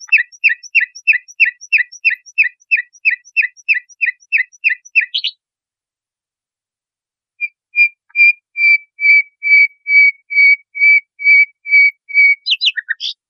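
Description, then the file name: Nightingale song: a long even series of rapid chirps, a pause, then steady repeated pure whistles ending in a few sharp descending notes. Training recording (masteran) used to teach caged songbirds. "suara masteran nightingale"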